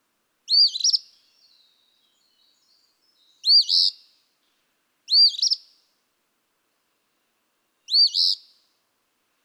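Eastern phoebe singing four buzzy two-part phrases, spaced one to three seconds apart, with a faint twitter after the first.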